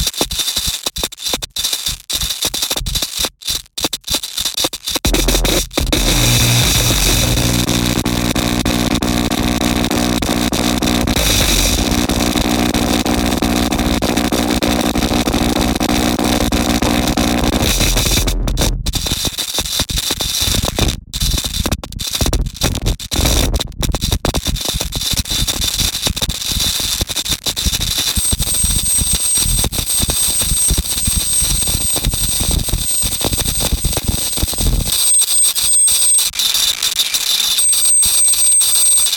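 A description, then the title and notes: Rattling, scraping noise from film tins vibrating on speakers fills the recording, dense and crackly throughout. From about 5 to 18 seconds a low, steady synth drone with stacked tones swells underneath, then gives way to harsher clattering and buzzing. A thin high whine appears near the end. Fractures began as a small sound installation consisting of film tins filled with objects including nails, tacks, ball bearings and other miscellaneous objects. The film tins were then equipped with piezo microphones plugged into amps then placed atop upward facing speakers.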